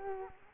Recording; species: mosquito wingbeat signal from an infrared sensor; Culex quinquefasciatus